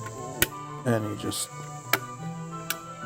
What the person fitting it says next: press it forward, and everything clicks in place.